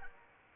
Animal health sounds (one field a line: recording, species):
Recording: mosquito wingbeat signal from an infrared sensor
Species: Anopheles arabiensis